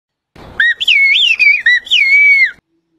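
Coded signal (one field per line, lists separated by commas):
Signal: whistled language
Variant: Turkish bird language (kuş dili)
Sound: a loud human whistle gliding up and down in pitch for about two seconds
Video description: Turkey Kuskoy's bird language is a Whistle language which is developed my those before 500 years ago.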